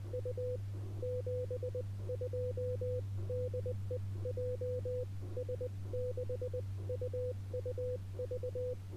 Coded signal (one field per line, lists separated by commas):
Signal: Morse code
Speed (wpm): 20 wpm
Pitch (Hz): 500 Hz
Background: none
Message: U 72 DE JS6UUV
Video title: Broken Key, Giant Spiders — CW SOTA Activation at Mt Yaedake + IC-705